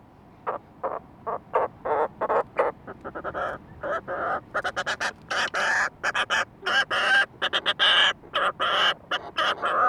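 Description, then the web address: Fulmar prion calls: harsh, pulsed, croaking bursts repeated rapidly and almost continuously. "sound fulmar-prion. صدای-پرنده-پریان-بدبو"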